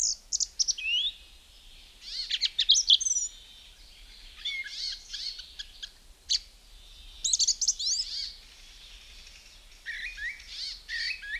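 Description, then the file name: Song Thrush song of shrill whistled and chattering phrases in bursts, with a sharp high note midway and quieter gaps between phrases. "Zvuki ptic - Pevchij drozd"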